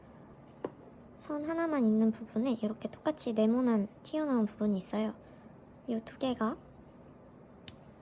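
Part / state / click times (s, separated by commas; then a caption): wire splitter plug into battery power unit / seated / 7.7 s. A wire splitter's single-wire end, which has a square protruding tab, is plugged into a battery power unit while someone talks. A sharp click at 7.7 s marks the connector seating in the power unit, and a softer tick is heard earlier at 0.7 s.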